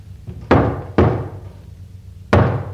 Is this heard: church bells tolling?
no